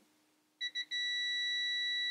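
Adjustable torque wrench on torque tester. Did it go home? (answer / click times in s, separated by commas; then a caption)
no / none. A Norbar 60Nm 3/8" drive adjustable torque wrench is pulled on a torque tester past its set value, and it does not click off the way it does in the other thread direction. After a faint low hum, two short high-pitched beeps sound at about 0.6 s and 0.8 s, then a steady beep runs from 0.9 s to the end, with a low thump right at the close. The wrench has not clicked off.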